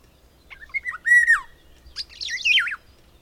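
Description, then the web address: Bird song of clear whistled notes, a steady held whistle, then a quick warbling, twisting run of higher notes. "madarak enek"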